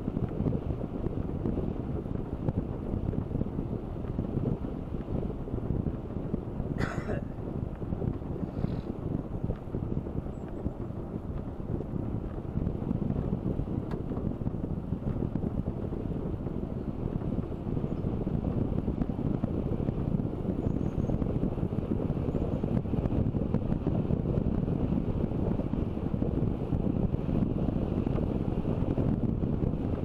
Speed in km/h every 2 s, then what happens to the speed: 21, 21, 22, 22, 21, 22, 22, 22, 22, 24, 25, 24, 26, 25, 25.
0-30 steady at about 22.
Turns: none.